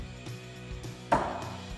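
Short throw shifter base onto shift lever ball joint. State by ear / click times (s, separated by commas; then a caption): seated / 1.1 s. A short throw shifter base for a TR-3650 transmission, from an SR Performance kit for a 2001-2004 Mustang, is pressed straight down onto the shift lever ball joint resting on a table; the fit is very tight. Over a steady tonal background with a few soft low thumps, the base seats with a single loud, sharp click at 1.1 seconds. The base is now snapped on.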